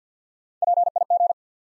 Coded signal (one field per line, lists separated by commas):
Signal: Morse code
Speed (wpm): 50 wpm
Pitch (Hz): 700 Hz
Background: none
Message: P I G